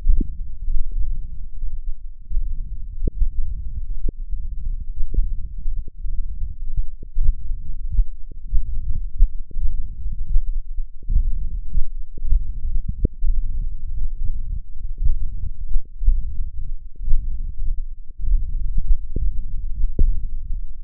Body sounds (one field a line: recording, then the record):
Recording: forearm muscle sounds (acoustic myography)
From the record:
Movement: tripod grip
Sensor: system 1, eight BSWA MPA416 microphones around the upper forearm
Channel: 8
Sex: male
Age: 21 years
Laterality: right